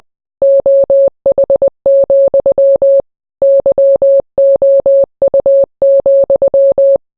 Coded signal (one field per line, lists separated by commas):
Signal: Morse code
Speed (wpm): 20 wpm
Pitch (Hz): 550 Hz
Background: none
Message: OH, YOU,